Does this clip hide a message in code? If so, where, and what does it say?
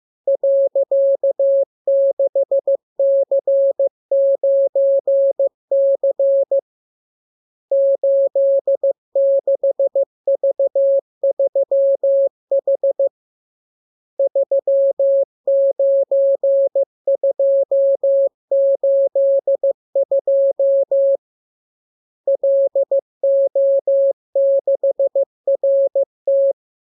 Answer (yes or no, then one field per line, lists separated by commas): yes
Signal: Morse code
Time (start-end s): 0.3-26.5 s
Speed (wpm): 15 wpm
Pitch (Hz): 550 Hz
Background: none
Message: .6C9C 86V3H 39282 LO6RT